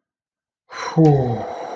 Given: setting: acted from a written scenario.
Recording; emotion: vocal sound without words; awe